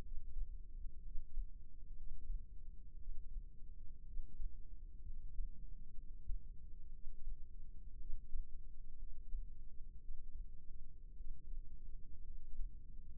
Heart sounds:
heart sounds by microphone in the left ear; 59 bpm
0.03 s: heartbeat
1.04 s: heartbeat
1.96 s: heartbeat
2.97 s: heartbeat
4.05 s: heartbeat
5.05 s: heartbeat
5.95 s: heartbeat
6.92 s: heartbeat
7.99 s: heartbeat
8.98 s: heartbeat
10.00 s: heartbeat
11.16 s: heartbeat
12.24 s: heartbeat
From the record:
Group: healthy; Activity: rest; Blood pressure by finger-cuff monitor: 111/66 mmHg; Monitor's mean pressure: 81 mmHg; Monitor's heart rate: 59 bpm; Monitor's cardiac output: 5.5 L/min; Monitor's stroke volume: 92 mL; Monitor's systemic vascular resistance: 1020 dyn s/cm5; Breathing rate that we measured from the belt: 17 breaths a minute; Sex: male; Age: 22 years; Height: 181 cm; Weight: 79 kg

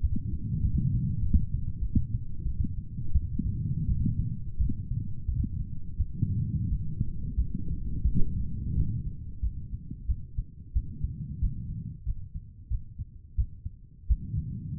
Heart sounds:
heart sounds by stethoscope; 89 bpm
0.02 s: heartbeat
0.62 s: heartbeat
1.21 s: heartbeat
1.81 s: heartbeat
2.45 s: heartbeat
3.13 s: heartbeat
3.87 s: heartbeat
4.58 s: heartbeat
5.27 s: heartbeat
5.98 s: heartbeat
6.69 s: heartbeat
7.37 s: heartbeat
8.03 s: heartbeat
8.75 s: heartbeat
9.41 s: heartbeat
10.08 s: heartbeat
10.74 s: heartbeat
11.41 s: heartbeat
12.05 s: heartbeat
12.70 s: heartbeat
13.37 s: heartbeat
14.08 s: heartbeat
14.78 s: heartbeat
From the record:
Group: healthy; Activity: light exercise 0-7 s, rest 7-15 s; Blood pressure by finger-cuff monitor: 117/73 mmHg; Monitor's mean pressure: 83 mmHg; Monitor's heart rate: 90 bpm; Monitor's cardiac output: 6.8 L/min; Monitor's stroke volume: 76 mL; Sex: female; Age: 36 years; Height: 163 cm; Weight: 88 kg

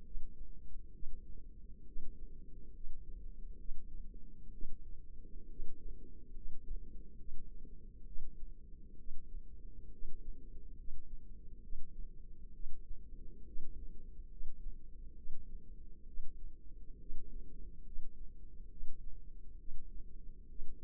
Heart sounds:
heart sounds by microphone in the left ear; 68 bpm
0.07 s: heartbeat
0.95 s: heartbeat
1.88 s: heartbeat
2.76 s: heartbeat
3.60 s: heartbeat
4.54 s: heartbeat
5.51 s: heartbeat
6.37 s: heartbeat
7.20 s: heartbeat
8.08 s: heartbeat
8.99 s: heartbeat
9.94 s: heartbeat
10.79 s: heartbeat
11.64 s: heartbeat
12.55 s: heartbeat
13.48 s: heartbeat
14.32 s: heartbeat
15.17 s: heartbeat
16.08 s: heartbeat
17.01 s: heartbeat
17.87 s: heartbeat
18.72 s: heartbeat
19.60 s: heartbeat
20.50 s: heartbeat
From the record:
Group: healthy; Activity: rest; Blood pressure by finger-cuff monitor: 148/92 mmHg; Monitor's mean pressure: 107 mmHg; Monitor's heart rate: 69 bpm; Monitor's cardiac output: 7.4 L/min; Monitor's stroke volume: 109 mL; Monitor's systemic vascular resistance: 1060 dyn s/cm5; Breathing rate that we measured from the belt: 16 breaths a minute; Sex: male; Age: 30 years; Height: 188 cm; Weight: 110.2 kg

